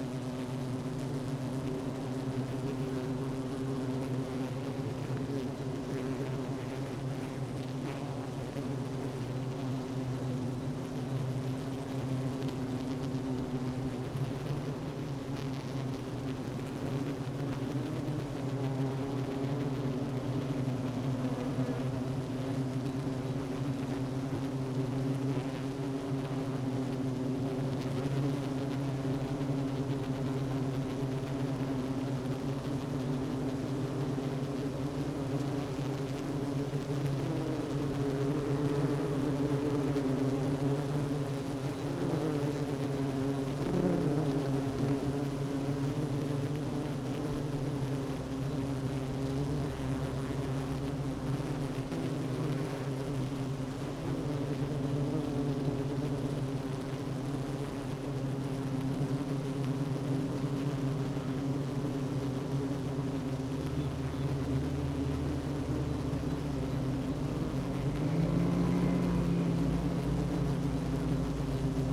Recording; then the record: honeybee colony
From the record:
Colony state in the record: active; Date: 12 June 2018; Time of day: 10:11